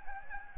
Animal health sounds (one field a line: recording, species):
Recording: mosquito wingbeat signal from an infrared sensor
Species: Anopheles gambiae